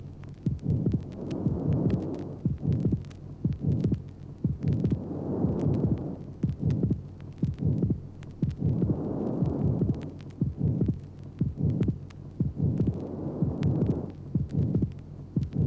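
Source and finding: Heart by stethoscope. Atrial septal defect.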